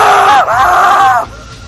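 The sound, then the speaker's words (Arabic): A man lets out a loud, strained scream of fright as something grabs his leg and knocks him down while he searches a cornfield by phone light, two sustained high-pitched bursts with a brief break between them, then cuts off abruptly into quiet. “صرخة دي صرختها لأن في حاجة مسكتني من رجلي.”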